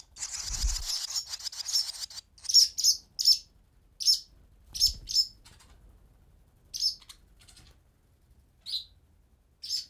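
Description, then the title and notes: Swallow chicks in a dense buzzing chorus of begging, then loud separate harsh squeaks repeated at irregular intervals, with occasional low thumps and rustles. "BÉBÉ HIRONDELLES NID DANS LA CAVE. BB HIRONDELLES CAVE, 39800 Chaussenans, France. NID D'HIRONDELLES DANS LA CAVE EN PROXIMITÉ. Les Bébé bougent dans leur nid et leur parents viennent les nourrir"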